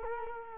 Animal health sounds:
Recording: mosquito wingbeat signal from an infrared sensor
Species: Culex quinquefasciatus

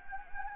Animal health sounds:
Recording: mosquito wingbeat signal from an infrared sensor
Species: Anopheles gambiae

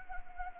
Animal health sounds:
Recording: mosquito wingbeat signal from an infrared sensor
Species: Anopheles gambiae

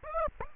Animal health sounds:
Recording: mosquito wingbeat signal from an infrared sensor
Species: Aedes aegypti

